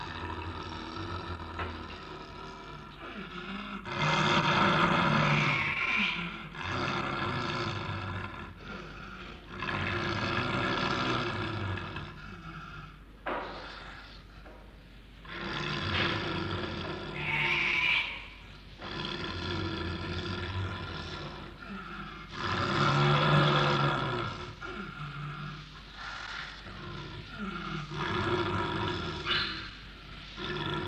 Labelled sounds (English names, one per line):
Snow Leopard